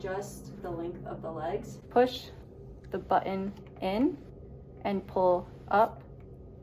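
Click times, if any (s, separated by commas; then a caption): none. Someone talks while handling a rolling walker's aluminium leg, pressing the spring push-button on the leg extension to slide it along the leg tube. The clip ends before the extension is moved to a new height, so nothing has seated or clicked into a height hole yet.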